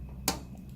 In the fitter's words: hizo clic y desde luego